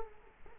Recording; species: mosquito wingbeat signal from an infrared sensor; Culex quinquefasciatus